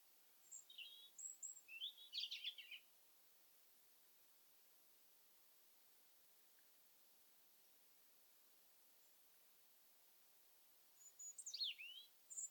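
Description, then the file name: European robin: a short high warbling phrase with sharp descending notes, a long silent gap, then another thin, tumbling phrase. "Erithacus rubecula"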